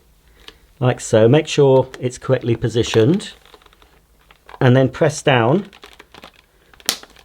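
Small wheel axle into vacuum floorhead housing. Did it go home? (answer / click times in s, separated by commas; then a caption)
yes / 6.9 s. A small wheel with its axle is located back in the floorhead housing of a Shark Stratos vacuum cleaner and pressed down so the wheel runs smoothly again, while someone talks and faint taps sound in the pauses. A strong, sharp click at 6.9 s marks the wheel seating into the housing.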